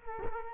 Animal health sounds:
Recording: mosquito wingbeat signal from an infrared sensor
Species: Culex quinquefasciatus

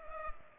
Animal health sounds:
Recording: mosquito wingbeat signal from an infrared sensor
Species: Culex pipiens

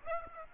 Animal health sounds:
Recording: mosquito wingbeat signal from an infrared sensor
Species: Aedes aegypti

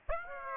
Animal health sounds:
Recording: mosquito wingbeat signal from an infrared sensor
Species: Aedes aegypti

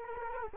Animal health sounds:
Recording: mosquito wingbeat signal from an infrared sensor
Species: Culex quinquefasciatus

